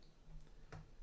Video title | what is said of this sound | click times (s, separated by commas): Solving Problem Issues Live Stream (see Description) | that was that was it snapping back into place that was this | 0.7 s